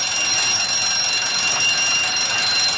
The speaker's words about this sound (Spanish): Pero de repente sonó una llamada de alarma.